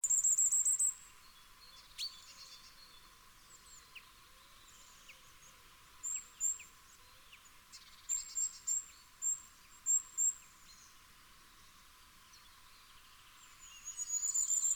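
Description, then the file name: Common firecrest song: a very high, thin, rapid series of needle-like notes lasting about a second, heard at the start and again at the end, with scattered high chips between. "Fiorrancino"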